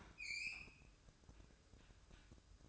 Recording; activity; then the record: daily activity, microphone in the room; open fridge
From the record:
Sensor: 2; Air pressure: 1007.6 hPa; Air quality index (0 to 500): 50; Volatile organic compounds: 1 ppm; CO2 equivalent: 567 ppm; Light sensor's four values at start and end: 10/23/10/10 and 10/23/10/10